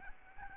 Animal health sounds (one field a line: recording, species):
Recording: mosquito wingbeat signal from an infrared sensor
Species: Aedes albopictus